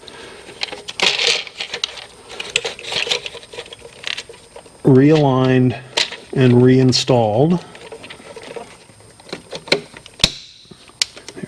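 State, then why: Seated. On a VW/Audi 2.0T TSI, a plastic hose quick-connector for the turbo is realigned and pushed onto the outlet of the new PCV valve, and someone talks between scattered small clicks and handling taps. A sharp snap at 11.0 s marks the connector seating in place, after which it is pulled on to check that it holds.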